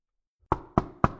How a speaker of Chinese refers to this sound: 门外适时响起了敲门声，是一万三和曹延华回来了。